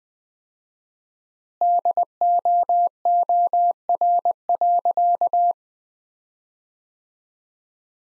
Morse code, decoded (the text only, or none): DOOR.